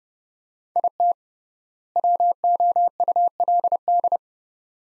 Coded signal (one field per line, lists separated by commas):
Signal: Morse code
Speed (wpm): 29 wpm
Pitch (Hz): 700 Hz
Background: none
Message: IT WOULD